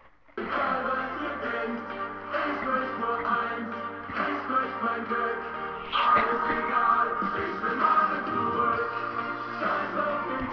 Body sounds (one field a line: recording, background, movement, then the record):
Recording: throat clearing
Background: music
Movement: sitting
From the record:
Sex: female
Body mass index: 25.5 kg/m2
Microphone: on the chest, facing the body